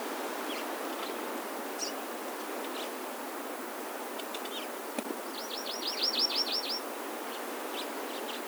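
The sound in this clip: Hawaii amakihi song: a fast, even trill of high rising-falling notes lasting over a second, with scattered short chirps and steady background hiss.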